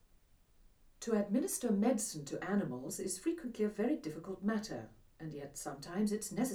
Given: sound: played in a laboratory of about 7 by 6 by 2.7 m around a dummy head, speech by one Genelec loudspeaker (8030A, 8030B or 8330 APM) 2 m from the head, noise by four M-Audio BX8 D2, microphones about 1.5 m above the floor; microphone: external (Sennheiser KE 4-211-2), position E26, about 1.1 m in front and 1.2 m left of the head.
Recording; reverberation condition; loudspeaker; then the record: female speech in English; low; 150 degrees to the left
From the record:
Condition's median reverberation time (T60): about 310 ms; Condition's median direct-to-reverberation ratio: about 3.5 dB